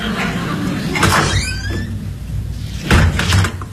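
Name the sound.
door opening and closing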